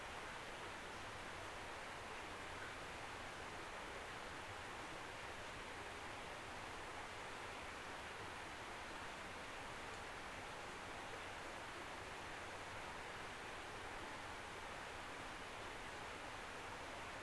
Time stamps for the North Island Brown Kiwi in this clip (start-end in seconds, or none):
none